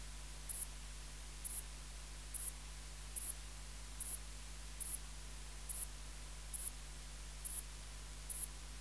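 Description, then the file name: Ephippiger cruciger: several short, high chirps, evenly spaced, against a continuous soft low hum. "Ephippiger cruciger"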